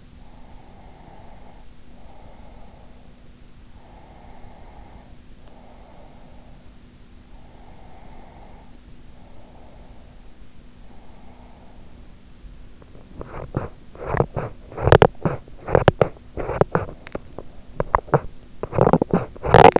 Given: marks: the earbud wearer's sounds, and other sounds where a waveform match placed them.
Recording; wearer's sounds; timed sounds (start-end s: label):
sounds in sleep by an in-ear microphone; breath, teeth grinding
0.14-3.14 s: breath
4.14-10.14 s: breath
11.14-13.14 s: breath
13.14-19.80 s: teeth grinding